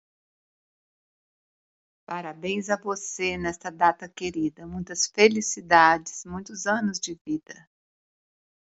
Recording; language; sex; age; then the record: short text; Brazilian Portuguese; female; 50 to 59 years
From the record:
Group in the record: control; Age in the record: 58 years